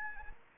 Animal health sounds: mosquito wingbeat signal from an infrared sensor; Anopheles arabiensis

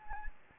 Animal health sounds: mosquito wingbeat signal from an infrared sensor; Anopheles gambiae

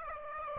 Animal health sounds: mosquito wingbeat signal from an infrared sensor; Aedes aegypti

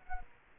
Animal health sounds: mosquito wingbeat signal from an infrared sensor; Culex quinquefasciatus

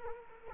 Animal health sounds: mosquito wingbeat signal from an infrared sensor; Culex quinquefasciatus

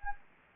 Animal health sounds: mosquito wingbeat signal from an infrared sensor; Anopheles gambiae

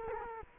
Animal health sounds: mosquito wingbeat signal from an infrared sensor; Culex quinquefasciatus

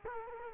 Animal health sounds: mosquito wingbeat signal from an infrared sensor; Culex quinquefasciatus

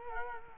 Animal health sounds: mosquito wingbeat signal from an infrared sensor; Culex quinquefasciatus

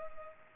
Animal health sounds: mosquito wingbeat signal from an infrared sensor; Culex pipiens

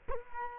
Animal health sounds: mosquito wingbeat signal from an infrared sensor; Culex quinquefasciatus

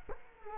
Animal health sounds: mosquito wingbeat signal from an infrared sensor; Culex quinquefasciatus

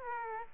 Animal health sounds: mosquito wingbeat signal from an infrared sensor; Aedes aegypti

